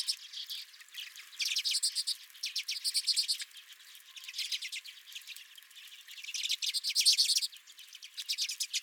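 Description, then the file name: Redpoll calls: bursts of rapid, buzzy, chattering notes in several bouts, rising and falling in loudness, with short quieter gaps between them. Redpolls at a feeder. "Redpolls at My Feeder"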